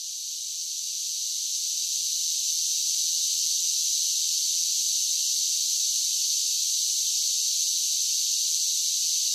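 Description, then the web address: Cicadas singing as a mass, a high sizzling buzz that fades in over the first two seconds, then holds steady and even. Large groups of cicadas singing together. "Blast Wave Update 1 Cicadas Sing"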